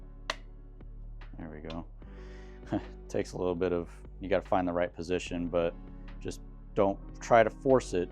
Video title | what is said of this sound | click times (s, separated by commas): 03-07 GM Radio Faceplate Replacement | You'll you'll feel it slide into the proper position. Then you just push it down. It snaps into place. | 0.3 s